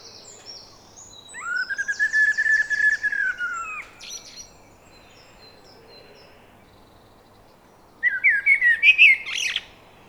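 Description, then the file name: Common blackbird singing a long, level fluty phrase topped by a thin, rapid high twitter, then a second, quicker warbled phrase after a pause. "Turdus merula"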